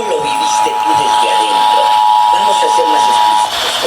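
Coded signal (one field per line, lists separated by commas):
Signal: Emergency Alert System (SAME) tones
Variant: 853 and 960 Hz attention tone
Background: speech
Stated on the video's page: Required Monthly Test for Riverside/San Bernardino County relayed on broadcast stations KFRG, KRXV and KHTI-FM.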